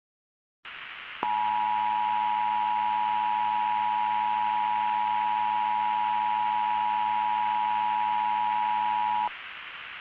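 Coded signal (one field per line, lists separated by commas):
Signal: Emergency Alert System (SAME) tones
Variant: 853 and 960 Hz attention tone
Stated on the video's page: Fictional EAS/EBS analog horror scenario based on a 1983 film, made with editing software.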